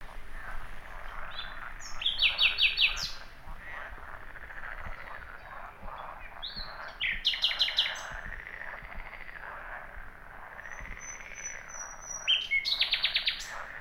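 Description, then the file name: Common nightingale delivering three fast, rattling trilled phrases about five seconds apart, each a rapid series of sharp notes, above a constant lower background chorus. "Luscinia megarhynchos"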